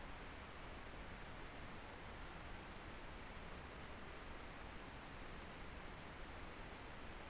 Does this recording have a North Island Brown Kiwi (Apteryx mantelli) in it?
no